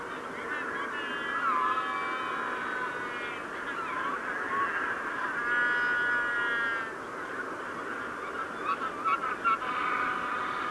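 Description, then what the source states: Magellanic penguins braying in a dense chorus, long drawn-out harmonic notes swelling and fading, with a burst of rapid short honks near the end. Evening chorus of Magellanic penguins.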